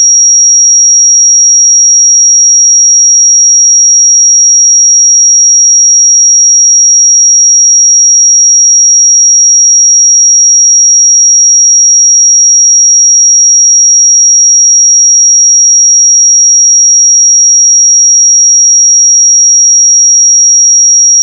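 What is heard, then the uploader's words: A pure sine tone at 5662 Hz sounds as a single thin, bright, high-pitched whistle. It holds perfectly steady in pitch and loudness for the full twenty-one seconds, with no other sounds beneath it and an abrupt stop at the end. 5662 Hz 1 Hz Interval Sine Pure Tone Frequency 441000 Sample Mono.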